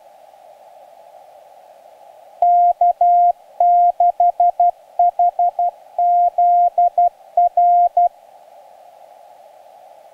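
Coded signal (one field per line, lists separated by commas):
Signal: Morse code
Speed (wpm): 14 wpm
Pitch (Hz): 700 Hz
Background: none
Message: K6HZR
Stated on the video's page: SOTA summit activation using a linked dipole, field test of a new QU-7025 portable paddle.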